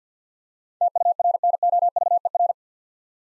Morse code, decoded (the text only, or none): TURNOVER